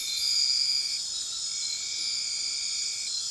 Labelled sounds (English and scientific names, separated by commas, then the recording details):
none
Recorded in dense forest near Puerto Asís, Putumayo, Colombia, on 18 February 2024 at 00:00
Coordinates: 0.502, -76.326
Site G6460